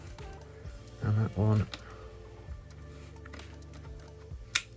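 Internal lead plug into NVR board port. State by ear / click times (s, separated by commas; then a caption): seated / 4.6 s. Someone talks as a second internal lead is looped over and plugged into a port on the motherboard of a Hikvision NVR board. A sharp, loud click at 4.6 s marks the plug seating in the port.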